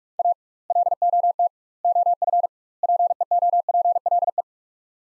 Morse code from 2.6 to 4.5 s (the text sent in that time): PEOPLE